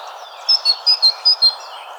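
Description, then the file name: Great tit giving six short, high, clear notes in quick alternating pairs over about a second, with a steady background hiss. "bogatka johannes buhl"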